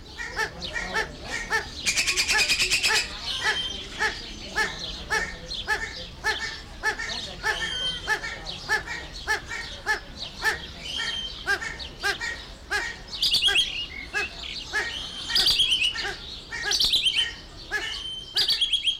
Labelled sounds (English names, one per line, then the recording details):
Satyr Tragopan call
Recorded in captivity
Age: adult
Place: Zoo Berlin, Berlin, DE
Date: 1992-06-20 12:15
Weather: wolkig-heiter, 20-24°C
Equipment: Marantz CP 430, Sennheiser ME 80, Kopie Tesla B 116
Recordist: Tembrock, Günter